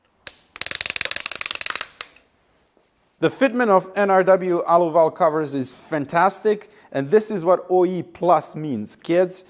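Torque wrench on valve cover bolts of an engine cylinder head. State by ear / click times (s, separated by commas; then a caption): torque reached / 0.9 s, 1.0 s, 1.3 s, 1.5 s, 1.7 s. A torque wrench tightens the valve cover bolts on an engine cylinder head to the 6 Nm spec, giving a quick series of sharp clicks at 0.9, 1.0, 1.0, 1.3, 1.5 and 1.7 seconds as it reaches spec. After a short pause, someone talks.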